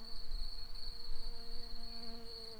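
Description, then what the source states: Early bumblebee buzz: a steady, unbroken droning hum that holds one pitch throughout, with a thin constant high whine above it. Worker bees.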